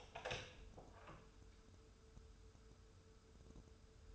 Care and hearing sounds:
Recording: daily activity, microphone in the room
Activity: open door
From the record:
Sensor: 2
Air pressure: 1015.0 hPa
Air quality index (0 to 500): 160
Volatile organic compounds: 8 ppm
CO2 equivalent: 2074 ppm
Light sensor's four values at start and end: 13/35/14/15 and 13/35/14/15

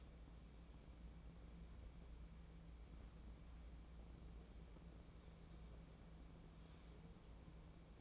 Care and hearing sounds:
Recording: daily activity, microphone in the room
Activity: wipe stove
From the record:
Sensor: 1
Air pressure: 1012.4 hPa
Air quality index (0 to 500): 146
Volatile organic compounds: 2 ppm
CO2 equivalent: 1206 ppm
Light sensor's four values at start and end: 2567/5064/2538/2682 and 2396/4738/2371/2516

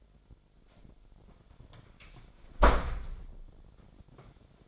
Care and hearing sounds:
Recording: daily activity, microphone in the room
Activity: close door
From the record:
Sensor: 5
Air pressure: 1007.2 hPa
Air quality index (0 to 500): 169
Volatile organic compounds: 4 ppm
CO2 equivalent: 1615 ppm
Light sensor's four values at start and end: 56/159/62/62 and 55/157/61/61

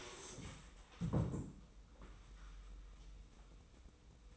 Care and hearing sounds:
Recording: daily activity, microphone in the room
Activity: stand up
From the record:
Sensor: 1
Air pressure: 990.4 hPa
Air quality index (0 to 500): 151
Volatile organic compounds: 1000 ppm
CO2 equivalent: 5472 ppm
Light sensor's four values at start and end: 33/77/33/36 and 33/76/33/35

